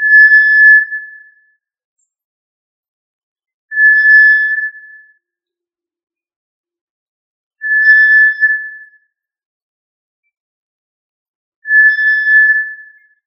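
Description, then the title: Tinamou call of four level, mellow whistles, each lasting over a second and spaced roughly four seconds apart, with nothing else audible. "Familia Tinamidae - Quail - Puyuh"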